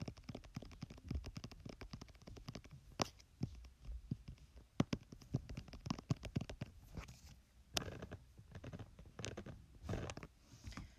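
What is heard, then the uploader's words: Gentle tapping on a hairbrush, a rapid series of light clicks and knocks at an uneven pace. Some taps land harder and brighter, around three, five and eight seconds, and brief scratchy brushing sounds slip in between. Gentle hairbrush tapping.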